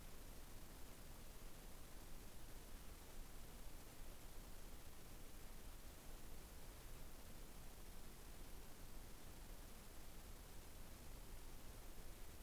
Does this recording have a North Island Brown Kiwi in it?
no